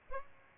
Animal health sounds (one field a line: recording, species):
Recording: mosquito wingbeat signal from an infrared sensor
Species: Aedes albopictus